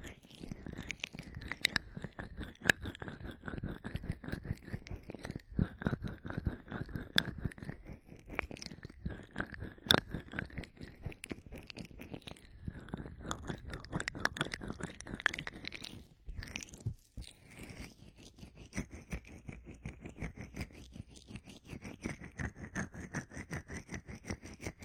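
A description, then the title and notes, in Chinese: Ear massage sounds: rapid, dense scratching and rubbing with crisp crunchy clicks running almost continuously. A sweeping band of brushing moves up and down, and the rubbing briefly thins out around sixteen seconds before resuming more softly. 按摩耳朵。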